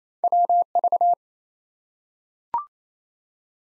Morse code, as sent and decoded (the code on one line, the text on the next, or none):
.-- ...-
WV